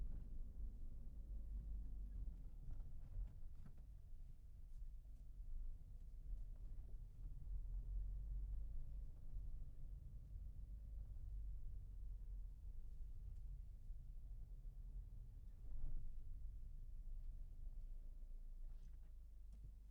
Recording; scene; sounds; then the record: everyday scene through a hearing-aid microphone; in a vehicle; engine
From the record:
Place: Berlingo II, diesel engine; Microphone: behind the ear, left, rear